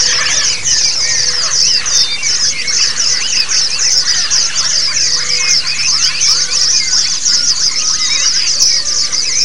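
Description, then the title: White-eyes singing as a dense flock, a constant high shimmering twitter with many overlapping thin whistled phrases below it, no pauses. A group (ombyokan) of white-eyes singing together, a therapy (terapi) recording. "Suara Terapi Pleci Ombyokan"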